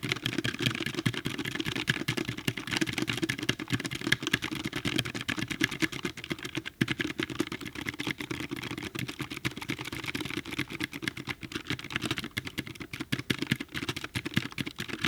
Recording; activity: daily activity, guitar pickup as the sensor; type